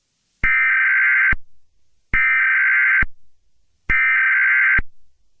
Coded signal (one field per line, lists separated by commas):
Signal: Emergency Alert System (SAME) tones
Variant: header bursts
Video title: EAS Scenario: Alien Armada